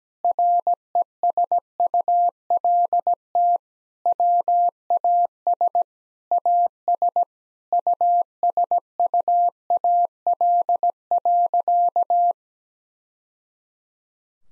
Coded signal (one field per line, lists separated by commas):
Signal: Morse code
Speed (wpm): 17 wpm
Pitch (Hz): 700 Hz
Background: none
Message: RESULT WAS AS USUAL.